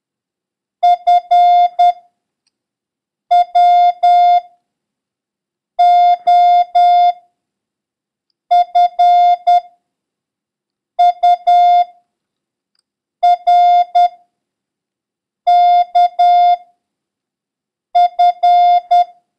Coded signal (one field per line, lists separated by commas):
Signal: Morse code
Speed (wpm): 10 wpm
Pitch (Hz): 710 Hz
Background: none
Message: FWOFURKF